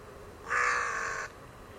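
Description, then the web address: Bird producing one rasping, flat call of about three-quarters of a second, set against a soft, constant low rumble. "cianscape. Deverinetal. Bird Only"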